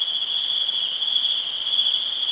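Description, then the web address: Cricket giving a continuous, steady high-pitched trill without pause. "East West - Global Sounds 07-INSECTS GRILLON"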